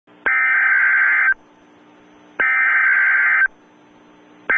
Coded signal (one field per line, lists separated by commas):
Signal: Emergency Alert System (SAME) tones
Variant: header bursts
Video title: Angry EAS: Severe Thunderstorm Warning